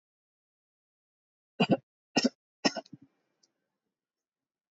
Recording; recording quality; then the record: shallow voluntary cough; excellent, no background noise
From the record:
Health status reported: healthy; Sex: male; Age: 72 years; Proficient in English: yes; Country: India